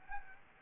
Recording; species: mosquito wingbeat signal from an infrared sensor; Aedes albopictus